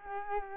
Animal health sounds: mosquito wingbeat signal from an infrared sensor; Culex quinquefasciatus

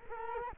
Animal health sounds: mosquito wingbeat signal from an infrared sensor; Culex quinquefasciatus

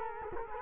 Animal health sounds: mosquito wingbeat signal from an infrared sensor; Culex quinquefasciatus

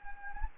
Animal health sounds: mosquito wingbeat signal from an infrared sensor; Anopheles gambiae

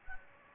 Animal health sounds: mosquito wingbeat signal from an infrared sensor; Anopheles gambiae

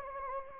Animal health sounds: mosquito wingbeat signal from an infrared sensor; Anopheles gambiae

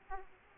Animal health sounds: mosquito wingbeat signal from an infrared sensor; Aedes aegypti

